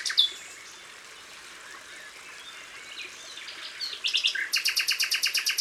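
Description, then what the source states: Common Nightingale song: soft, scattered notes at first, then a loud, rapid, evenly spaced series of hard repeated notes during the last seconds. Recorded in Isère, France.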